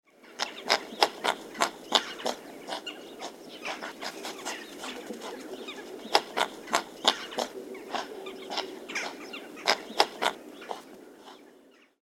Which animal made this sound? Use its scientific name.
Hydropotes inermis